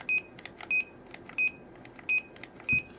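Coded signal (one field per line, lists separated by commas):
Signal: roger beep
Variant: CB radio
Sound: five short high beeps, evenly spaced, with faint clicks and rustle between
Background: handling clicks, room noise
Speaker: it's got a Roger beep I'll play that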